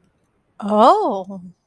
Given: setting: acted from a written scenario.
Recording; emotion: vocal sound without words; interest